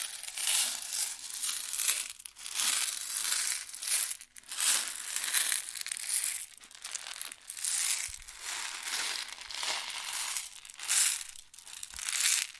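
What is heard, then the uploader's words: Grain rustles and pours in a dense, crackling hiss that swells and eases in bursts, with short gaps near 2, 4, 7.5 and 11.5 seconds. The sound is bright and gritty, with almost no low end, like dry kernels shifting and crunching. ASMR Grain Sounds (No Talking).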